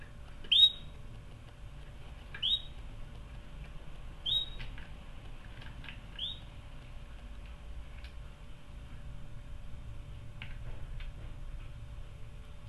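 Canary call notes: four short rising whistled chirps, about two seconds apart, over a low steady hum and faint ticking.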